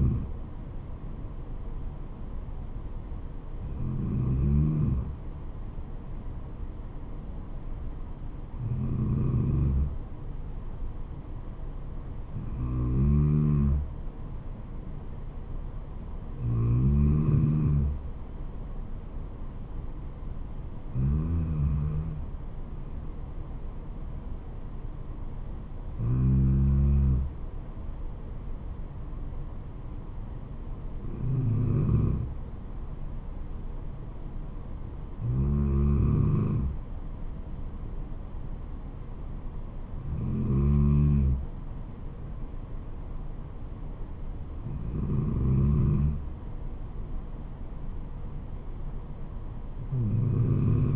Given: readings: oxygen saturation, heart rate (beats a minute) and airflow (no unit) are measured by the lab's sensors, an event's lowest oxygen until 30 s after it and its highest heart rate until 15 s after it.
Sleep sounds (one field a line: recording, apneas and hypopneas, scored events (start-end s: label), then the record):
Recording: breathing in sleep by a smartphone at the bedside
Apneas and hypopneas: none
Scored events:
none scored
From the record:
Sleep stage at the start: N2 (light sleep)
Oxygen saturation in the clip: 93 to 94%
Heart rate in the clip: 69 to 76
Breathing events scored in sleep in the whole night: 426 in 7.4 hours asleep